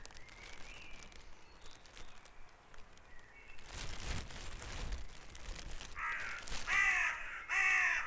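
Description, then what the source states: Birds at dawn: soft whistles and chirps at first, a rushing noise in the middle, then three loud, harsh caws at the end. Dawn chorus at Back Dragon Avenue, Harrogate; part of the Sound Map of Harrogate.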